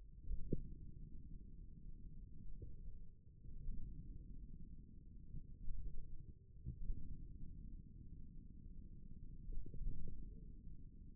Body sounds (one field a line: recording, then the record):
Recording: forearm muscle sounds (acoustic myography)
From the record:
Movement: wrist flexion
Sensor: system 1, eight BSWA MPA416 microphones around the upper forearm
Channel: 1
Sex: male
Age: 41 years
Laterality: right